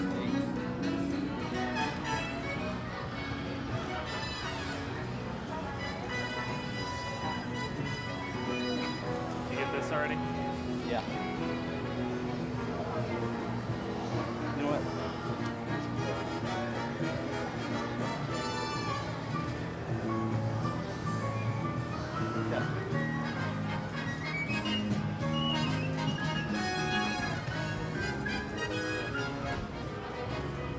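Walking through the Universal Studios Florida theme park, with a constant dense wash of crowd chatter and overlapping voices. Music plays throughout, with bright tonal lines and a steady low hum underneath, while the overall loudness stays even for the whole half minute.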